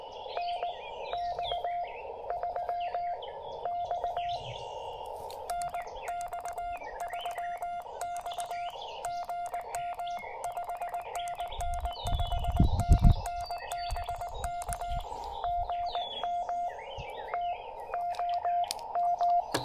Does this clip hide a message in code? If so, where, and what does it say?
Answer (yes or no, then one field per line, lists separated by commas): yes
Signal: Morse code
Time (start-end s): 0.4-19.4 s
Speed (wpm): 19 wpm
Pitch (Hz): 700 Hz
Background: none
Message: NX3X NX3X GM 5NN 5NN BK GM TOM